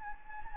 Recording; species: mosquito wingbeat signal from an infrared sensor; Anopheles gambiae